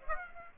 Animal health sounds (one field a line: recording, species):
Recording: mosquito wingbeat signal from an infrared sensor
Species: Aedes aegypti